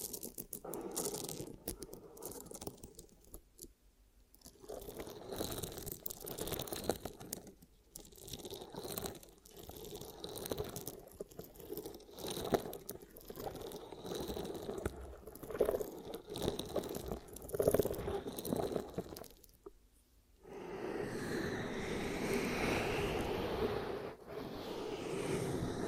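Ear cupping triggers: muffled, uneven rubbing and crunchy pressing sounds with brief quiet gaps, shifting to a steadier hollow rush after twenty seconds.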